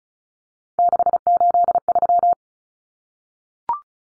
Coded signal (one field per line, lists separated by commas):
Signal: Morse code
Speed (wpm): 34 wpm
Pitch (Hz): 700 Hz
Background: none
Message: 683